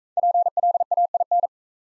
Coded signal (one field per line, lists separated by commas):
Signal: Morse code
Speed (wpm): 37 wpm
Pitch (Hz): 700 Hz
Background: none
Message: PLAIN